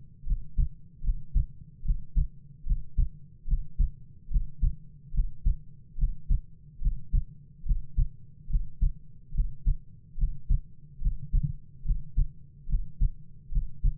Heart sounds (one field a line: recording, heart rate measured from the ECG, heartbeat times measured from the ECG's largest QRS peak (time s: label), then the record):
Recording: heart sounds by stethoscope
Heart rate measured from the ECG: 72 bpm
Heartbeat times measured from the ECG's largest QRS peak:
0.24 s: heartbeat
1.02 s: heartbeat
1.83 s: heartbeat
2.64 s: heartbeat
3.46 s: heartbeat
4.29 s: heartbeat
5.12 s: heartbeat
5.96 s: heartbeat
6.80 s: heartbeat
7.64 s: heartbeat
8.48 s: heartbeat
9.32 s: heartbeat
10.16 s: heartbeat
10.99 s: heartbeat
11.83 s: heartbeat
12.67 s: heartbeat
13.50 s: heartbeat
From the record:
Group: healthy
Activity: Valsalva maneuver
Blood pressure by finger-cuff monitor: 96/56 mmHg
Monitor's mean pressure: 63 mmHg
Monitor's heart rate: 72 bpm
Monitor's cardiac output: 7.5 L/min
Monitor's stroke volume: 103 mL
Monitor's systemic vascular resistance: 600 dyn s/cm5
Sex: male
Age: 22 years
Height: 185 cm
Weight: 112.4 kg